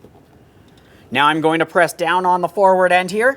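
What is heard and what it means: The forward end of a plastic window switch panel is being pressed down into the front interior door panel of a 2009-2014 Nissan Maxima. After about a second of near silence, someone talks for the rest of the clip. Nothing has seated or clicked yet.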